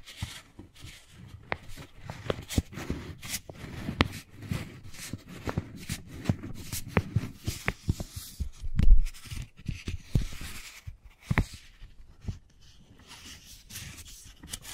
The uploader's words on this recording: ASMR Brain Tingly Wooden Ball Triggers (No Talking).